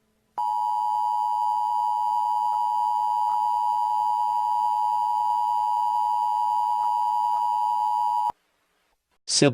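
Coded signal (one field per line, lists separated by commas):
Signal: Emergency Alert System (SAME) tones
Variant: 853 and 960 Hz attention tone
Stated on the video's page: Fictional EAS scenario made as a simulation, not for broadcast.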